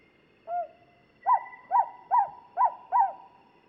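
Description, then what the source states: Luzon Hawk-Owl calling: one longer whistled note, then five short, hooked notes in an even series. From the Philippines.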